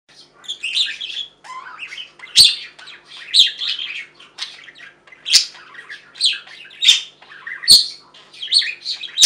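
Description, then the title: Budgerigar chatter with squawky, scratchy bursts and brief whistles, broken by sharp clicks at irregular intervals. "Budgie Sounds"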